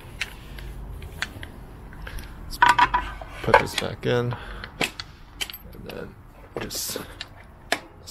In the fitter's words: snaps into place and it's secure